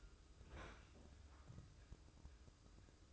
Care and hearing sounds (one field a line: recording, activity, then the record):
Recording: daily activity, microphone in the room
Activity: open fridge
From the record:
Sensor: 2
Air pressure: 995.0 hPa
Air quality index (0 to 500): 65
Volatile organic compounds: 2 ppm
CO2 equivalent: 1114 ppm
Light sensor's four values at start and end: 18/57/22/21 and 18/57/22/21